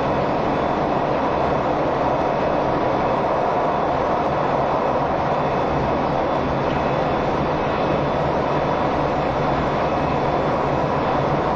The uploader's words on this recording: E351系 Sあずさ18号. 松本～新宿. 速達運用だった＂スーパーあずさ18号＂の列車走行音(静止画)です。 Train running sound.